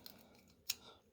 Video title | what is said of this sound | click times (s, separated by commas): Vacuum Tube Socket 3D Printed | and vacuum tube just pops right in there | 0.7 s